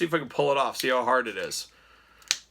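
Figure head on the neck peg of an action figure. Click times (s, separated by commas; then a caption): 2.3 s. Someone talks while pulling the swappable plastic head off the neck peg of a collectible action figure to show how hard it is. A single sharp pop is heard at 2.3 s as the head comes right off, no harder than any other figure head.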